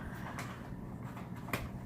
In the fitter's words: You can't see me putting it in, but that one was probably the easiest piece to pop into place.